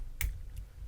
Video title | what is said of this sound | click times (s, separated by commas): GenerationToy Scraper Review (Scrapper) | there we go. It actually clicked that time. So now it's secure and it's locked into place. | 0.2 s